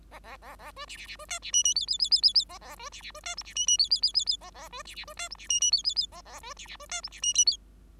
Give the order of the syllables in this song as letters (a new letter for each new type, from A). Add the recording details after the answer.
A A A A B C C C B D C E E F F F F F F A A B C C B D G C E E F F F F F A A B C C B D G C E E F F F A A B C C B D G C E. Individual Bird5